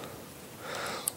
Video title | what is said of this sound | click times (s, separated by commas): How to Upgrade your Laptop RAM & test it | if it if you hear that clicking sound then it's in | 1.1 s